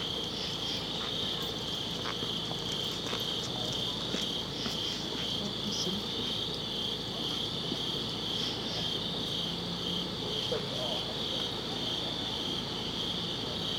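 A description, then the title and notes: Crickets sing at dusk in a steady, dense chorus, a bright continuous trill that holds level for the whole stretch. Beneath it runs a low, constant rumble, with faint soft ticks and clicks scattered throughout and a few brief murmurs in the mid range. Ext. Summit Crickets, Dusk. Summit Crickets, Dusk by Bandeto.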